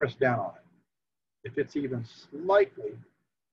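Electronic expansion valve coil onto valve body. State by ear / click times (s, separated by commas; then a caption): not seated / none. An electronic expansion valve coil is being pressed down onto its valve body, since a coil even slightly off can still click but cannot control the motor. Only someone talking is heard, with a pause in the middle. Nothing has seated or clicked yet by the end of the clip.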